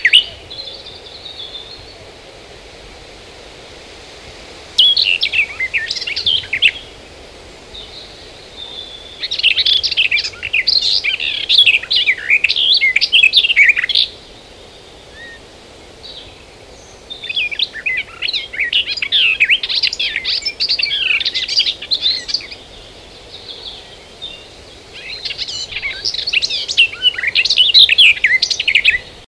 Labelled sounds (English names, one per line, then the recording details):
Garden Warbler song
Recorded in the wild
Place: Emsdetten, Nordrhein-Westfalen, DE
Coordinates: 52.29, 7.56
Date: 1985-06-15
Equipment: Sony WM-D6C, Big Ear
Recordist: Skiba, Reinald
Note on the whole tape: Emsdettener Venn